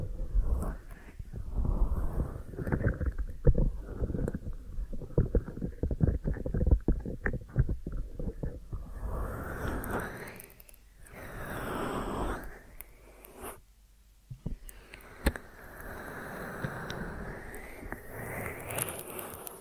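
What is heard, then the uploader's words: Deep ear massage sounds: dense rubbing and tapping for nine seconds, then slower swishing strokes with brief pauses and rustles. ASMR Deep Ear Massage for Sleep(No Talking).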